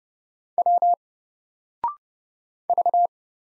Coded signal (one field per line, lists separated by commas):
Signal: Morse code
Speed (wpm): 30 wpm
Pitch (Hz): 700 Hz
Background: none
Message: W V